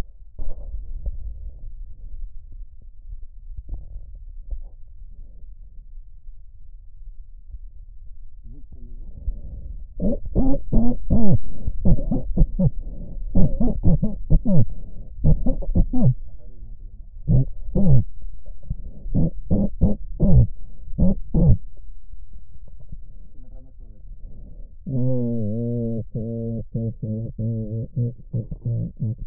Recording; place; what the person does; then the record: lung sounds by stethoscope; right posterior apical chest; quiet breathing, then cough and speech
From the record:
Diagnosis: pulmonary infection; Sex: male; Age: 86 years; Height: 165 cm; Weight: 65 kg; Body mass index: 23.9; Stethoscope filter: extended mode